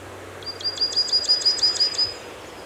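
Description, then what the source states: Bird singing a rapid, high trill of evenly spaced notes over a thin sustained whistle, lasting about one and a half seconds, with soft background hiss. Birds singing in a forest.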